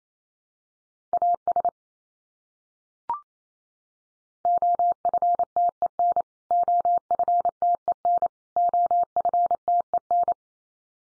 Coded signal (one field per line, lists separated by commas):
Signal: Morse code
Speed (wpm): 28 wpm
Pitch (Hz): 700 Hz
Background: none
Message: AS OFTEN OFTEN OFTEN